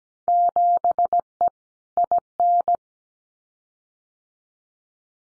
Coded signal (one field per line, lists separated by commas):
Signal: Morse code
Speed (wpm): 17 wpm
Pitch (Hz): 700 Hz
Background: none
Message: 7E IN